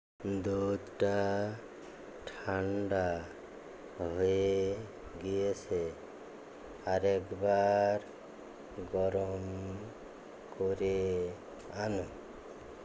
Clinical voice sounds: elicited speech; Bengali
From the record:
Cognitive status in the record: dementia

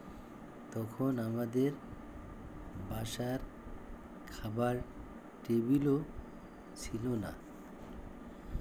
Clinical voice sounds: elicited speech; Bengali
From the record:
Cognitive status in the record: dementia

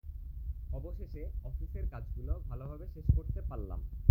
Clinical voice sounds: elicited speech; Bengali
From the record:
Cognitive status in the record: cognitively healthy

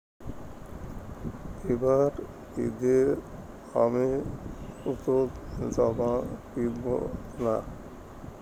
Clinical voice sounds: elicited speech; Bengali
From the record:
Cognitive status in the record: dementia

